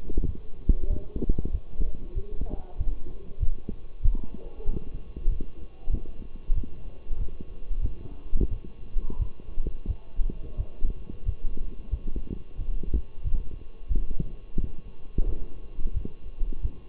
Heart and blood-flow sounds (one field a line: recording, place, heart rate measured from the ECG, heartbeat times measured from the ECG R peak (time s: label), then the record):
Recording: heart sounds by stethoscope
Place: between the tricuspid and mitral areas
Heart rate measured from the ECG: 92 bpm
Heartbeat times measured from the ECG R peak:
0.26 s: heartbeat
0.89 s: heartbeat
1.51 s: heartbeat
2.14 s: heartbeat
2.77 s: heartbeat
3.39 s: heartbeat
4.02 s: heartbeat
4.65 s: heartbeat
5.28 s: heartbeat
5.90 s: heartbeat
6.54 s: heartbeat
7.17 s: heartbeat
7.81 s: heartbeat
8.49 s: heartbeat
9.18 s: heartbeat
9.87 s: heartbeat
10.56 s: heartbeat
11.25 s: heartbeat
11.91 s: heartbeat
12.57 s: heartbeat
13.23 s: heartbeat
13.89 s: heartbeat
14.56 s: heartbeat
15.25 s: heartbeat
15.93 s: heartbeat
16.62 s: heartbeat
From the record:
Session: walking at 3.7 km/h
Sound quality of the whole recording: partially saturated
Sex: male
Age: 24 years